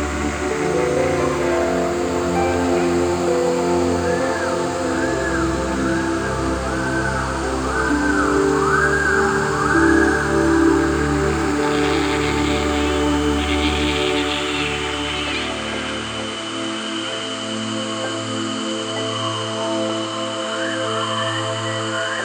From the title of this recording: Echoey Jungle Night